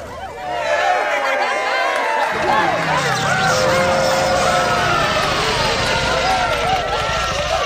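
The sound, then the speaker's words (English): A crowd of citizens cheering and shouting at once in an alley off Marcus, many overlapping voices rising and falling in a dense, continuous roar that swells in after a brief low rumble and stays loud throughout. “Sighted cheering citizens in an alley off Marcus may need backup.”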